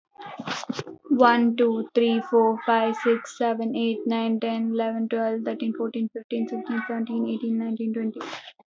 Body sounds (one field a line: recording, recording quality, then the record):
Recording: counting at a fast pace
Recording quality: moderate, slight background noise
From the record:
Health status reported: healthy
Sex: female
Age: 21 years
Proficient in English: yes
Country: India